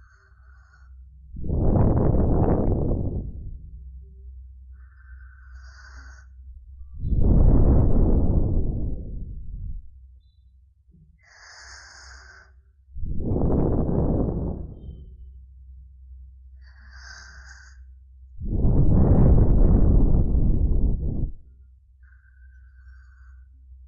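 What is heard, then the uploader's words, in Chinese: Soft ASMR ear blowing, four long breathy puffs of air spaced about six seconds apart, each lasting two to three seconds and swelling then fading. Between the blows come faint little mouth clicks and brief whistly sounds over a steady low hum. 酥麻双耳吹气。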